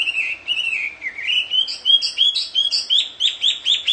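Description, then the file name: Chinese hwamei song, a sustained whistled line that dips and rises, ending in a quick series of repeated bright, upslurred notes. Wild bird singing in its natural habitat. "audio kicauan burung hwamei di alam liar. omkicau"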